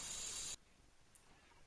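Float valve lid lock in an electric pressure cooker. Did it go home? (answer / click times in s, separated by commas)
yes / 1.2 s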